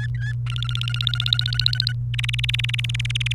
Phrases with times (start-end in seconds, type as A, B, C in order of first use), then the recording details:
0.00-0.33 A, 0.46-1.91 B, 2.14-3.33 C. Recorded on 28 April 2018 at 11:51. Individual llb3